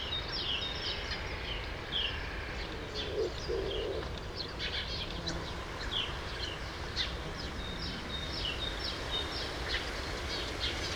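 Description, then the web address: True sparrow calls, scattered high chirps in loose irregular bursts over constant background noise. "sound True-sparrows"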